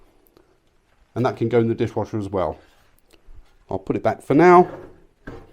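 A removable cover from a Ninja Sizzle countertop electric grill is handled as it is about to go back into the grill base, with only faint small ticks and handling sounds under someone talking. The clip ends before the part goes home, and nothing has seated or locked into place yet.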